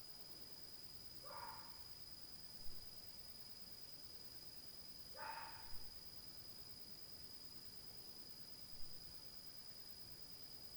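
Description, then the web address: Dog barking twice, about four seconds between barks, with a steady high tone and scattered clicks in the background. Dog recorded at night in 2022. "zone 51 2022 Night Noise 07-05 DOG"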